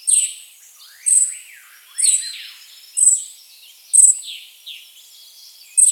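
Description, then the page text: Ferruginous flycatcher calls: a sharp, very high thin note repeated several times, each followed by softer, lower chirps. "Ferruginous Flycatcher Calls. Quick Sounds"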